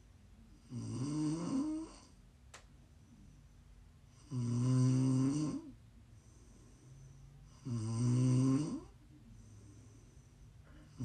ASMR Snoring. Please enjoy some prime ASMR snoring.